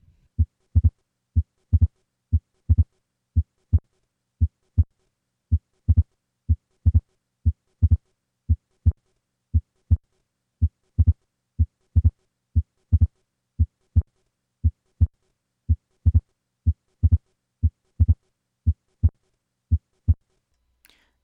Following successful repair, the second heart sound may remain widely split, but usually moves with respiration. Listen to the change in the second heart sound following a successful atrial septal defect repair. Post-op.